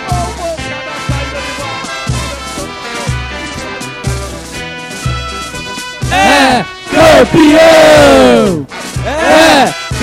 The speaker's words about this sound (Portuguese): eu me emociono no Pacaembu, como Corinthians, e com essa torcida fantástica, que teve o grito de campeão, preso, mas agora está próximo demais.